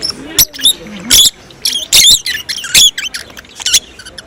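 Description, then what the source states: Rosy-faced lovebird chattering: shrill, scratchy chirps and squeaks in irregular bursts against a quiet background. Singing, close up.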